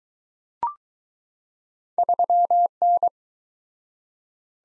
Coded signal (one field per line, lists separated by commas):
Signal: Morse code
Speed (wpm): 20 wpm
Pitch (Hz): 700 Hz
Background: none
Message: 3N